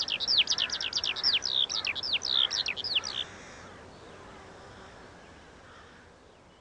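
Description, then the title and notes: Eurasian skylark song, a fast burst of high repeated slurred notes for about three seconds, then quiet background. Singing while descending, late summer evening, Eggardon Hill hillfort, Dorset. "Eggardon Hill, Dorset. A Skylark sings and descends. Recorded by Ezra Gray"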